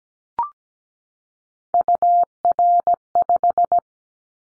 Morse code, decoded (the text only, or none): UR5